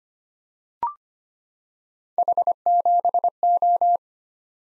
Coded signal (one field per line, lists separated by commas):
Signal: Morse code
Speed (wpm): 25 wpm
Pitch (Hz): 700 Hz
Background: none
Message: H7O